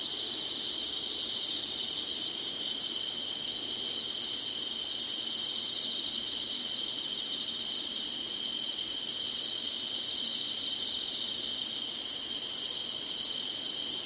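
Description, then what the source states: High-pitched insect chorus droning without pause, marked by brief louder pulses at irregular intervals of one to two seconds. Summer.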